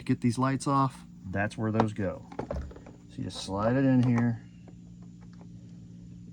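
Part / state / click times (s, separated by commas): plastic retaining clip on a tailgate light or cladding tab / not seated / none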